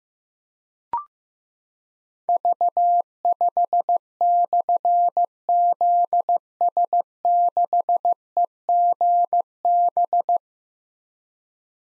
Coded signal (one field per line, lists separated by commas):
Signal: Morse code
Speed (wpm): 15 wpm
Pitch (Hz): 700 Hz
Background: none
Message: V5/ZS6EGB